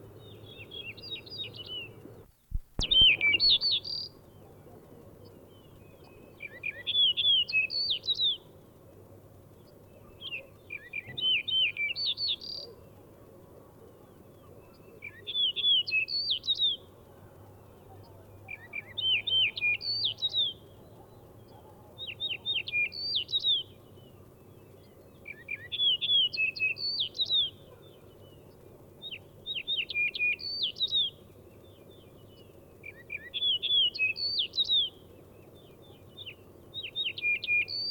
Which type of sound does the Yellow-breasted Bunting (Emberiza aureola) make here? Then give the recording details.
song. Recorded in the wild. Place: Ulan Bator, MN. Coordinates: 47.886, 106.906. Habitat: Park. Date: 1979-06-13 04:20. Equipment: Nagra III BH, Sennheiser MD 21, parabola. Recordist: Schubert, Michael